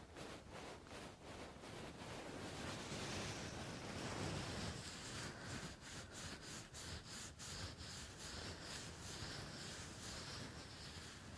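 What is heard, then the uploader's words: Wind buffets the muffs in a dense, unbroken rushing roar with a heavy low rumble underneath. The gusting swells louder around three to five seconds, while short sharp crackles and thumps break through every half second or so, bunching more closely after six seconds. Windy Muffs, Scratching the 3DIO.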